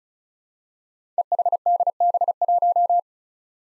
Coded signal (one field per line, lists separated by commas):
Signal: Morse code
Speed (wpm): 36 wpm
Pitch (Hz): 700 Hz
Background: none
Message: EHDB1